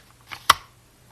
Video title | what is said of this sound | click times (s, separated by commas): My EDC/every day carry #9mm #edc #2A #consealedcarry #CC #knife #iwb #multitool #Taurus #g2c | it's got that nice satisfying click it holds it in really good I don't ever have to worry about it coming | 0.5 s